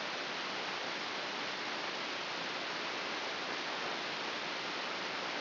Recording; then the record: brain microelectrode recording played as sound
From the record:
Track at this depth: outside the subthalamic nucleus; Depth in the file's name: 4.223 mm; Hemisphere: left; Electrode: 3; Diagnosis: Parkinson's disease